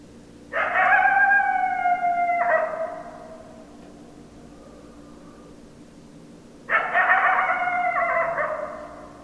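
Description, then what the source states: Coyote howls: two harsh, wavering howls about six seconds apart, each lasting around two seconds at a level pitch. Recorded 10 December 2012.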